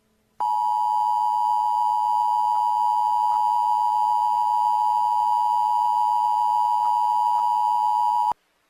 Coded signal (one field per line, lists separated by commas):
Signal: Emergency Alert System (SAME) tones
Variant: 853 and 960 Hz attention tone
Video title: EAS senario | GoreBox Warning [EMERGENCY ALERT SYSTEM]